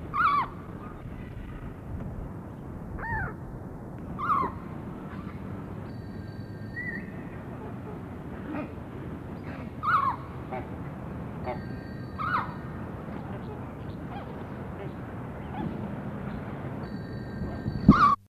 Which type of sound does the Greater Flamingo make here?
call